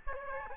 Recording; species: mosquito wingbeat signal from an infrared sensor; Aedes albopictus